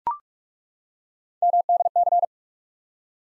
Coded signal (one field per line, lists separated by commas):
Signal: Morse code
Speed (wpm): 42 wpm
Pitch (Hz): 700 Hz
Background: none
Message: MDC